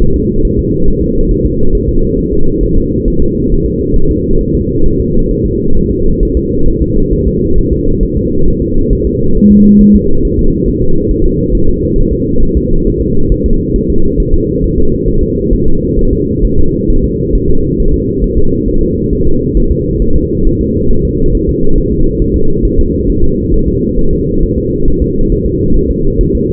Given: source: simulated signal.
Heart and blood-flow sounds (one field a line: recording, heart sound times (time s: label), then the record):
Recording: fetal heart sounds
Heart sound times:
0.02 s: S1
0.16 s: S2
0.45 s: S1
0.59 s: S2
0.88 s: S1
1.02 s: S2
1.31 s: S1
1.46 s: S2
1.75 s: S1
1.89 s: S2
2.19 s: S1
2.33 s: S2
2.63 s: S1
2.78 s: S2
3.08 s: S1
3.22 s: S2
3.52 s: S1
3.66 s: S2
3.97 s: S1
4.11 s: S2
4.41 s: S1
4.55 s: S2
4.86 s: S1
5.00 s: S2
5.31 s: S1
5.46 s: S2
5.77 s: S1
5.91 s: S2
6.23 s: S1
6.37 s: S2
6.68 s: S1
6.82 s: S2
7.13 s: S1
7.28 s: S2
7.58 s: S1
7.73 s: S2
8.03 s: S1
8.17 s: S2
8.48 s: S1
8.62 s: S2
8.93 s: S1
9.07 s: S2
9.37 s: S1
9.51 s: S2
9.81 s: S1
9.96 s: S2
10.25 s: S1
10.39 s: S2
10.68 s: S1
10.82 s: S2
11.11 s: S1
11.25 s: S2
11.55 s: S1
11.69 s: S2
11.98 s: S1
12.13 s: S2
12.43 s: S1
12.57 s: S2
12.87 s: S1
13.01 s: S2
13.32 s: S1
13.46 s: S2
13.76 s: S1
13.90 s: S2
14.20 s: S1
14.34 s: S2
14.64 s: S1
14.78 s: S2
15.08 s: S1
15.23 s: S2
15.53 s: S1
15.68 s: S2
15.99 s: S1
16.13 s: S2
16.45 s: S1
16.59 s: S2
16.90 s: S1
17.04 s: S2
17.35 s: S1
17.50 s: S2
17.80 s: S1
17.94 s: S2
18.24 s: S1
18.38 s: S2
18.68 s: S1
18.83 s: S2
19.13 s: S1
19.27 s: S2
19.57 s: S1
19.72 s: S2
20.02 s: S1
20.16 s: S2
20.47 s: S1
20.61 s: S2
20.91 s: S1
21.05 s: S2
21.35 s: S1
21.49 s: S2
21.78 s: S1
21.92 s: S2
22.22 s: S1
22.36 s: S2
22.65 s: S1
22.80 s: S2
23.09 s: S1
23.24 s: S2
23.54 s: S1
23.68 s: S2
23.99 s: S1
24.13 s: S2
24.44 s: S1
24.58 s: S2
24.88 s: S1
25.02 s: S2
25.32 s: S1
25.46 s: S2
25.76 s: S1
25.91 s: S2
26.21 s: S1
26.35 s: S2
From the record:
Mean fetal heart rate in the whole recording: 135 bpm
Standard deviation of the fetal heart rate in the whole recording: 3 bpm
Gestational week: 36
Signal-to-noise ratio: -19.1 dB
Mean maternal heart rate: 72 bpm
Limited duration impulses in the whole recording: present